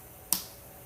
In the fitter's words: It actually clicks back into place.